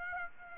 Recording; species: mosquito wingbeat signal from an infrared sensor; Aedes aegypti